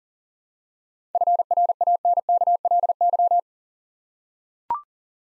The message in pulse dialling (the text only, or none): none